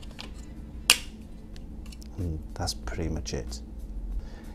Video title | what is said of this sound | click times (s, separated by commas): Want a Pull-Push (Reverse Airflow) on your system? Check out the Thermaltake SWAFAN 12 RGB Fan | pop these in | 0.9 s